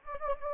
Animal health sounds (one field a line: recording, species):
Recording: mosquito wingbeat signal from an infrared sensor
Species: Anopheles gambiae